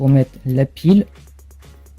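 Someone talks while a small snap connector for an LED strip is being pushed onto the terminals of a standard 9 V battery, with faint handling ticks around 1.4, 1.5 and 1.9 s. The connector has not clicked or seated onto the battery yet.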